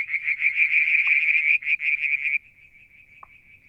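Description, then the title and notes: Frogs calling: a rapid, high pulsed trill runs loud for over two seconds, then drops to a faint steady trill, with two short lower pops. Striped marsh frog, Verreaux's tree frog and an unidentified frog calling one July 2022 evening near a water tank at Mount Wilson, New South Wales, Australia. "Frog song, Mount Wilson, New South Wales, Australia in July 2022 – by Alexander Moffatt. Limnodynastes Peronii, Litoria Verreauxii and a mystery frog one evening near the water tank"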